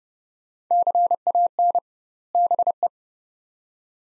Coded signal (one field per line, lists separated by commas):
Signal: Morse code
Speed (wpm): 29 wpm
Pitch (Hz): 700 Hz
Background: none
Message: CAN BE